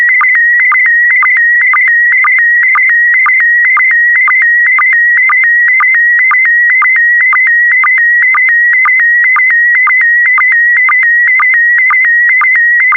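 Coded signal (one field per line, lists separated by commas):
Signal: SSTV (slow-scan television)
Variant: PD120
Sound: steady warbling tone around 2 kHz with rapid regular clicks dipping lower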